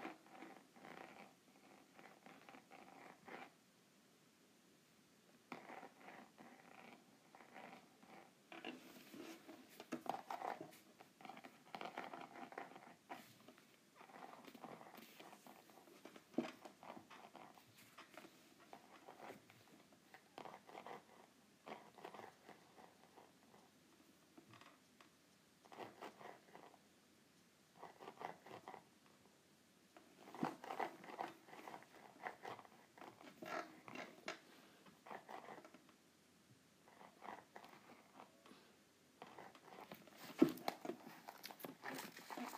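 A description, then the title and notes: Quiet handling of a notepad: bursts of dry scratching, tapping and papery rustling come in clusters of a few seconds, separated by short near-silent pauses. The sounds are crisp and bright, with a few sharper, louder taps near the end. ASMR Groovy Note Pad.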